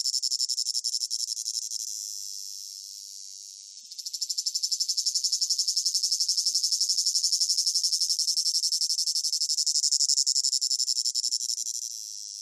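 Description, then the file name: Cicada song of two long phrases: a pulsing piercing whine that fades, then restarts near four seconds, runs strongly, and softens at the end. Close-up recording; rhythmic chirping in long phrases with a piercing whine. "gain walkers CICADA Close Up Rhythmic Chirping Long Phrases Piercing Whine"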